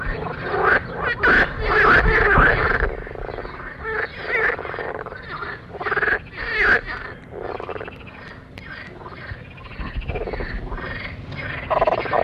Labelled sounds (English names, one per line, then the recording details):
Marsh Frog call
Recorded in the wild
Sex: male
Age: adult
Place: Wernsdorfer See, Brandenburg, DE
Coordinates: 52.3775, 13.7033
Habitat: lake
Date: 1967-05-29
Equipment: Uher 4000 Report L
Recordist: Günther, Rainer
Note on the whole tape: Seefroschkonzert - gute Aufnahme. Artbestimmung einwandfrei